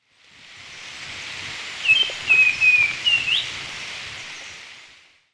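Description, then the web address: Black-and-white becard song: a short series of clear whistled notes around two seconds in, slightly descending then ending on a rising note, over steady hiss. Recorded in Ecuador. "Natures Songs S America Birds of Ecuador. Black-and-White becard"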